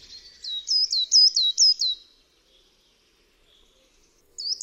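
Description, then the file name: Coal tit song, a short run of several high, clipped notes, followed by silence, then the start of another phrase at the end. "SOSNÓWKA"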